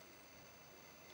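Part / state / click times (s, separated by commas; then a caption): plastic nose cone section into the toy's body tabs / not seated / none. Someone pushes the folded plastic nose cone and cockpit section of a Transformers Combiner Wars Powerglide toy jet toward the tabs on the toy's body to lock it into place. Only steady, even hiss is heard across the 1.2 seconds, with no sharp sounds. Nothing has seated or clicked yet; the section fails to catch.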